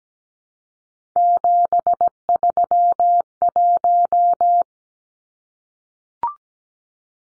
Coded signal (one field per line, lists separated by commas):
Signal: Morse code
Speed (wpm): 17 wpm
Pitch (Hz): 700 Hz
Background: none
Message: 731